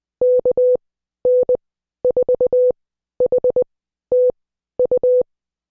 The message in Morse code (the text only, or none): KN4HTU